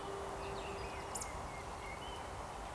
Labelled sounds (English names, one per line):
Eurasian Woodcock